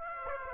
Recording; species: mosquito wingbeat signal from an infrared sensor; Aedes aegypti